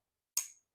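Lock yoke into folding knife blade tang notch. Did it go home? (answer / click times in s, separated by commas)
yes / 0.4 s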